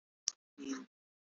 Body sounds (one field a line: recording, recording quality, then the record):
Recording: sustained vowel as in beet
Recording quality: excellent, no background noise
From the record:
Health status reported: recovered from COVID-19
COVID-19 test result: positive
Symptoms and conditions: none ticked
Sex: male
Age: 27 years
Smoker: not ticked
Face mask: worn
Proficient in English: yes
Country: India